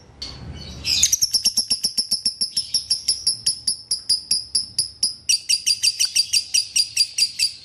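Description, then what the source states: Lovebird chatter: a harsh opening note, then a long, even series of high, piercing chirps, quickening slightly and turning buzzier near the end. Lovebird masteran (training) track in the konslet singing style.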